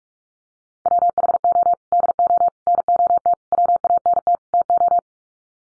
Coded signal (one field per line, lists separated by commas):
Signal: Morse code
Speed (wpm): 44 wpm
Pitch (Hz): 700 Hz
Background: none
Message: WHO DO NOT WANT TO